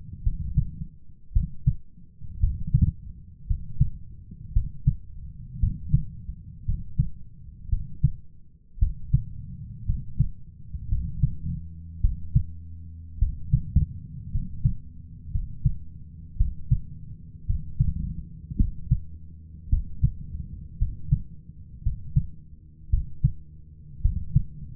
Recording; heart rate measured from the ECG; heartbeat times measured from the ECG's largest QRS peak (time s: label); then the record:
heart sounds by stethoscope; 55 bpm
0.22 s: heartbeat
1.32 s: heartbeat
2.39 s: heartbeat
3.46 s: heartbeat
4.52 s: heartbeat
5.59 s: heartbeat
6.64 s: heartbeat
7.68 s: heartbeat
8.78 s: heartbeat
9.85 s: heartbeat
10.88 s: heartbeat
12.00 s: heartbeat
13.18 s: heartbeat
14.30 s: heartbeat
15.30 s: heartbeat
16.36 s: heartbeat
17.45 s: heartbeat
18.56 s: heartbeat
19.69 s: heartbeat
20.77 s: heartbeat
21.82 s: heartbeat
22.89 s: heartbeat
24.01 s: heartbeat
From the record:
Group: healthy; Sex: male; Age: 23 years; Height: 178 cm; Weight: 96.6 kg